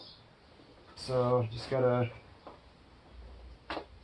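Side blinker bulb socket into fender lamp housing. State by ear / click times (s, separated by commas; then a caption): not seated / none. Someone talks while pushing and twisting the plastic side blinker bulb socket into the fender lamp housing of a Cadillac STS, working by feel through the wheel-well liner. Two short, faint knocks follow at about 2.5 s and 3.7 s. The socket has not clicked in yet.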